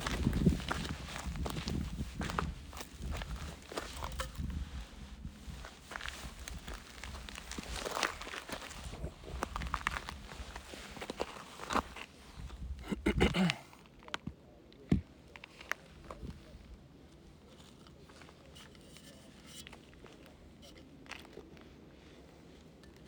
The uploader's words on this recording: Hiking in the McDowell Mountains in Phoenix, Arizona. There were a lot of other people out this day, enjoying time with family on a hike or bike ride. Walking on rocks.